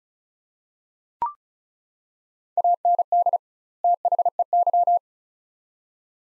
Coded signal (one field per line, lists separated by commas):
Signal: Morse code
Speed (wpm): 34 wpm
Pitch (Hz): 700 Hz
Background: none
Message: AND THEY